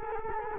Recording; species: mosquito wingbeat signal from an infrared sensor; Culex quinquefasciatus